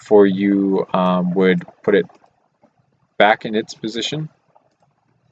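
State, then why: Seated. Someone talks while pushing the plastic brick charging handle of a brick-built H&K G11 rifle model back into its position in the body, where it locks onto a small section so it can rotate. A short, sharp click is heard at 4.6 s as the handle seats in place, followed by faint ticks in the quiet.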